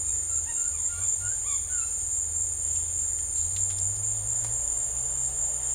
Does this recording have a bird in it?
yes